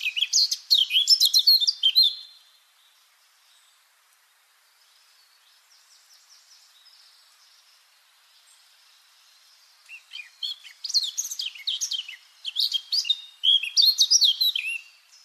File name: Sylvia atricapilla